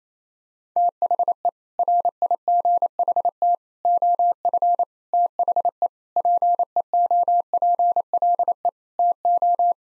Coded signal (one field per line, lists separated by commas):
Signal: Morse code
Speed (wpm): 28 wpm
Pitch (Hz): 700 Hz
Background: none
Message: THE RIGHT OF THE PEOPLE TO